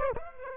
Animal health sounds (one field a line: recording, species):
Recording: mosquito wingbeat signal from an infrared sensor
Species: Aedes aegypti